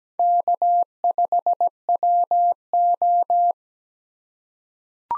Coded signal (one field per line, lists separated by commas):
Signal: Morse code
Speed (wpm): 17 wpm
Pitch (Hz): 700 Hz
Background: none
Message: K5WO